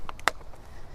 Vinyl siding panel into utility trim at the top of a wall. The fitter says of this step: There you can hear it snap in.